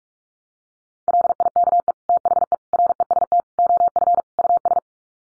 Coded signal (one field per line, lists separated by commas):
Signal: Morse code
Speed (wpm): 44 wpm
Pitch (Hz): 700 Hz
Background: none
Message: LIKE THE REST OF US